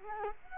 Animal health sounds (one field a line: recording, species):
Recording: mosquito wingbeat signal from an infrared sensor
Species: Culex quinquefasciatus